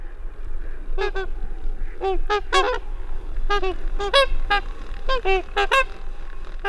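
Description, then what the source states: Swans calling: repeated nasal, trumpeting honks, several birds overlapping in irregular bursts, over a steady low rumble of background noise. Heard in open meadows by the Salmon River in Gustavus, Alaska, during a morning bike ride to school; only sometimes encountered.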